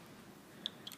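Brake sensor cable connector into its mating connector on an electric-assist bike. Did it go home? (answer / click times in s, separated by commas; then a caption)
yes / 0.7 s. An e-bike brake sensor cable connector, lined up with its mating connector by a white arrow and white line, is pushed together and pops into place with a sharp, bright click at 0.7 s over a quiet low hum. A few fainter ticks follow around 0.9 s and 1.0 s as the connector is tugged to check it and its barrel is turned to lock it. The connector is seated.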